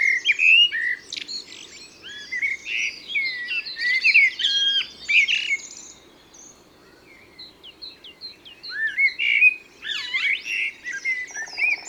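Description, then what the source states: Common blackbird delivering mellow whistled phrases with squeaky endings, pausing midway, amid overlapping chirps of other birds and a short buzzy rattle near the end. Recorded in Isère, France.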